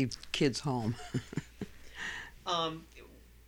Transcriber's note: she chuckles